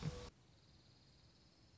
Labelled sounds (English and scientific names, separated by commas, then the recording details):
Dark-eyed Junco (Junco hyemalis)
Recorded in Sonoma County, California